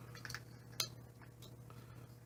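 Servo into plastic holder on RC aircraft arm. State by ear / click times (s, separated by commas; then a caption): seated / 0.8 s. A servo is pressed into the C2 printed plastic holder on the rotor arm bar of an RC heliplane build. A quick run of light clicks near 0.3 s leads to a sharp, louder snap at 0.8 s over a steady low hum. The servo snaps into place and is seated in the holder.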